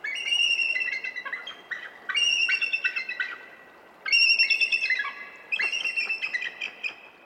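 Bald Eagle calls: bursts of high, chittering piping notes in quick series, repeated about every two seconds.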